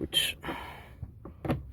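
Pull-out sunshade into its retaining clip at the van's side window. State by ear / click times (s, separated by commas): seated / 1.2 s, 1.4 s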